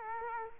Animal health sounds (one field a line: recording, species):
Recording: mosquito wingbeat signal from an infrared sensor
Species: Culex quinquefasciatus